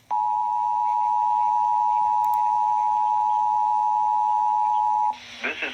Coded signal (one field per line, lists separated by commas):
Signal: Emergency Alert System (SAME) tones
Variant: 853 and 960 Hz attention tone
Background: speech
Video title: EAS 148 WXL55 RWT